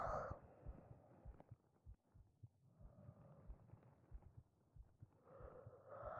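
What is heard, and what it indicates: Heartbeat heard close to the chest of an adult while lying beside them at night, with soft whispering at the start and end. Normal heartbeat.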